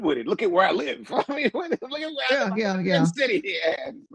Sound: laughs

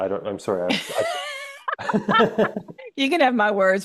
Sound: laughs

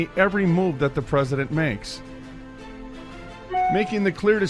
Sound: car horn honks

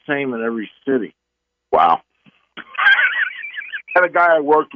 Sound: laughs

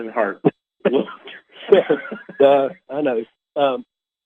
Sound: laughs

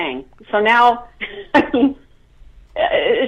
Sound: laughs

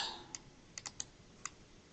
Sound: mouse clicks

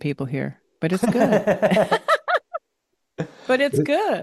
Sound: laughs

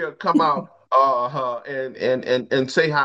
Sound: laughs

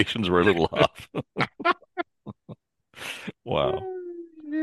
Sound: laughs

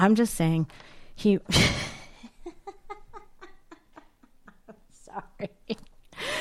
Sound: laughs

